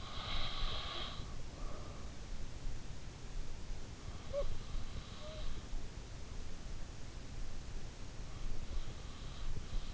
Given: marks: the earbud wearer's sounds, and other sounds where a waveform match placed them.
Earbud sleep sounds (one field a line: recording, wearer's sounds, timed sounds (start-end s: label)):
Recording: sounds in sleep by an in-ear microphone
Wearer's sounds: snoring breath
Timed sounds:
0.00-2.03 s: snoring breath
4.04-5.44 s: snoring breath